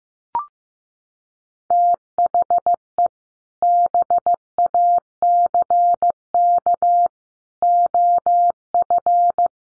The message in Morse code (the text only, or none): THE BACK OF